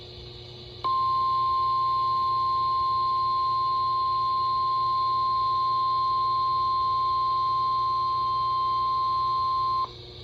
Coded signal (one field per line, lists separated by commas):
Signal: Emergency Alert System (SAME) tones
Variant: 1050 Hz attention tone